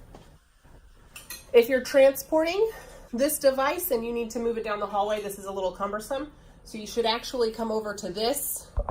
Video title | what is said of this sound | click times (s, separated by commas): Maxi Move with 10 point scale attachment | it in push it down until you hear this click | 1.3 s